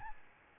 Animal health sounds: mosquito wingbeat signal from an infrared sensor; Aedes albopictus

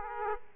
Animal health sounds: mosquito wingbeat signal from an infrared sensor; Aedes aegypti

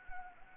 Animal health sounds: mosquito wingbeat signal from an infrared sensor; Anopheles gambiae

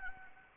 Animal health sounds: mosquito wingbeat signal from an infrared sensor; Anopheles gambiae

